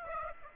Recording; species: mosquito wingbeat signal from an infrared sensor; Aedes aegypti